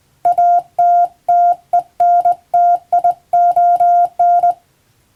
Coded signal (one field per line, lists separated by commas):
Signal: Morse code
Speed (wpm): 20 wpm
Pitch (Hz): 700 Hz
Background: none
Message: ATTENTION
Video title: プロの通信士！モールス符号を送信する無線通信士という職業があります。国家試験でモールスの実技試験を受けて免許を取得します。当時はアマチュア無線も大流行しましたね。morse code practice